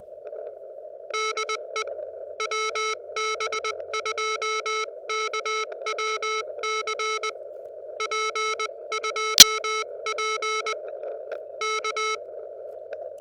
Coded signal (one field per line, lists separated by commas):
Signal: Morse code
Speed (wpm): 20 wpm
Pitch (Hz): 1310 Hz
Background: none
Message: DE WB2KWC P2P K